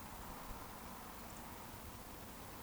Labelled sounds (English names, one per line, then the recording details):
Eurasian Woodcock whistle
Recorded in Baden-Württemberg, Germany, on 13 June 2020 at 20:35 UTC
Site 14569, 102 m above sea level